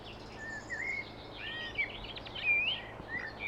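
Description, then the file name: Common blackbird giving fluty, slurred whistles that rise and fall, with a few buzzy higher notes mixed in over steady background hiss. "Turdus merula"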